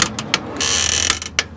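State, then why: Torque reached. A GearWrench 85062 micrometer click-type torque wrench tightens the starter mounting bolts into the engine block to 33 ft-lb on a 2014–2019 GM truck 5.3L V8 (GMC Sierra, Yukon XL, Chevy Silverado, Suburban, Tahoe) during a starter replacement. Sharp metallic clicks ring out over a steady broadband rasp from about 0.6 to 1.1 s. The wrench clicks at its setting at 0.0, 0.3, 0.9, 1.1, 1.1 and 1.4 seconds.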